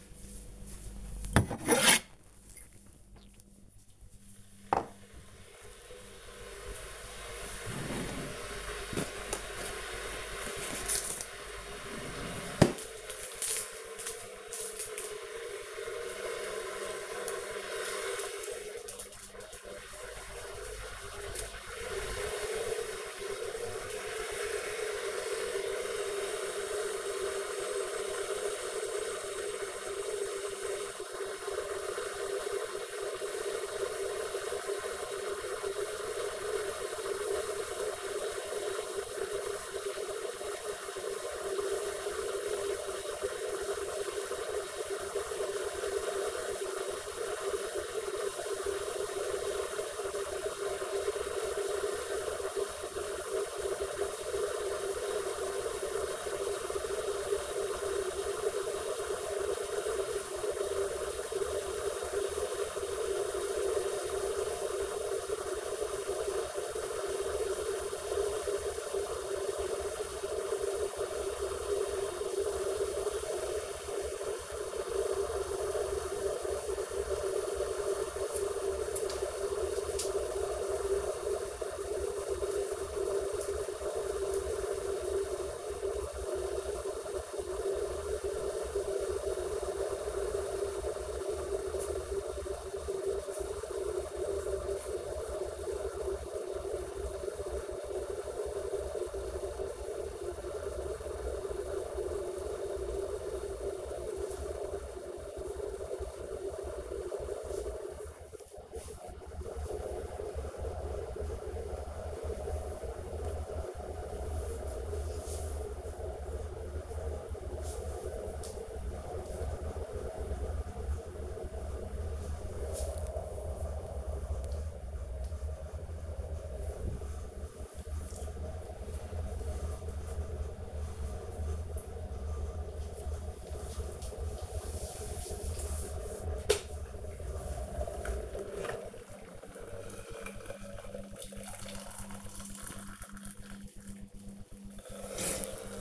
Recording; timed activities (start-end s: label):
household activities, microphone on the right wrist
0.00-145.81 s: making tea